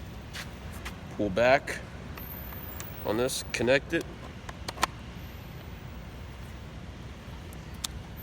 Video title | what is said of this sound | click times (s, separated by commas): How to start and operate a Pressure Washer | release it in the locks in place perfect | 7.8 s